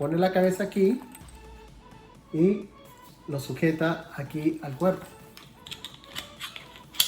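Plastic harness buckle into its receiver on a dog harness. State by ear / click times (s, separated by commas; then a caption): seated / 7.0 s. Someone talks while a dog harness is slipped over a dog's head and held in place, with a few soft handling ticks between 5.4 and 6.6 seconds. The plastic side-release buckle then clicks shut into its receiver on the harness at 7.0 seconds, fastening it.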